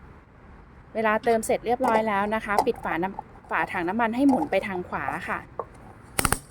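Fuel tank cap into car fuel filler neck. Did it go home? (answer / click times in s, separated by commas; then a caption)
yes / 6.2 s, 6.3 s. Someone talks while turning the plastic fuel tank cap of a white Honda City S CVT to the right into the car's fuel filler neck. The cap's ratchet gives a quick series of clicks at 6.2, 6.3 and 6.3 seconds, and the clicking shows the cap is closed tightly.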